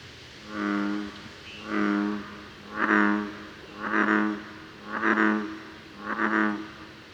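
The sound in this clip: American bullfrog croaking: six deep, resonant, harmonic croaks repeated about once a second.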